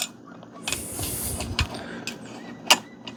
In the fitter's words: Aí, encaixou direitinho no próprio rodinho.